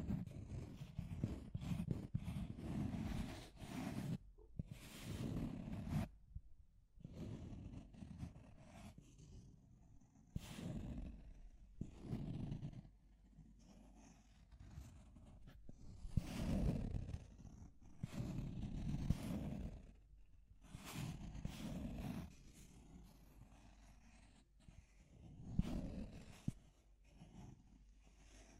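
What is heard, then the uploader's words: Deep scratching that comes in rough, low bursts, each lasting a second or two with short gaps between. The strokes are heavy and gritty, some sharper scrapes flaring brighter around 10, 16 and 19 seconds, with quieter rasping in the pauses. Deep Scratching. (No Talking).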